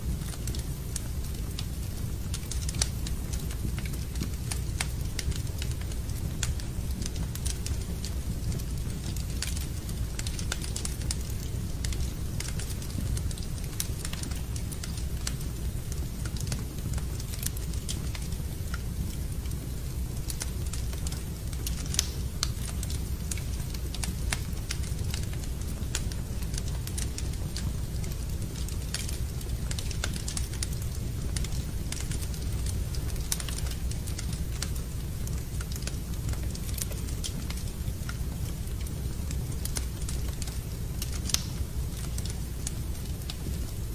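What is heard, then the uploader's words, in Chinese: A fire burns steadily, a low, dense roar underneath with sharp crackles and pops breaking through every second or so, sometimes in quick clusters. The sound stays even throughout, with no other sounds standing out. 助眠烤火声丨白噪音。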